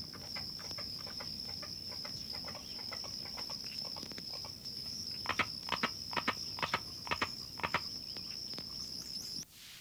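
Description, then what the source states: Carpenter frog call, a run of hollow knocking notes about two per second, louder in the second half, with a constant shrill insect whine behind. Northern species reaching Florida only in the extreme northern peninsula, in acid sphagnum bogs of the Okefenokee Swamp and Osceola National Forest; call likened to someone hammering.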